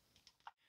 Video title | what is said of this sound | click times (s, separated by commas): Neca Toys Disney's Gargoyles Ultimate Lexington Figure Review! | Just snap right in like that. | 0.5 s